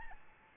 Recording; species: mosquito wingbeat signal from an infrared sensor; Aedes albopictus